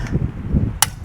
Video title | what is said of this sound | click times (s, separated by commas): Patch tire the right way, Acura tire repair | there we go another click | 0.8 s